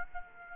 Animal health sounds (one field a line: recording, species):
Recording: mosquito wingbeat signal from an infrared sensor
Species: Aedes aegypti